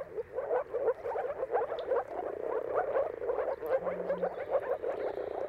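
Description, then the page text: Moor frogs calling together, a pulsing bubbling chorus of low gurgles rising and falling in loudness, with a faint high bird note late on. Chorus of many moor frogs giving mating calls at sunrise, at the turn of March and April, timing depending on the weather; recorded by Jakub Orzecki. "Jakub-Orzecki moor frogs. Dawn’s Chorus: Mating Calls of Marsh Frogs at Sunrise. Depending on the weather at the turn of March and April, you can witness an amazing spectacle of moor frogs"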